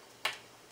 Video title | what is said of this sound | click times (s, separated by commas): Blackview P2 после месяца использования. Отзывы. | сам штекер входит очень плотно и с щелчком. | 0.2 s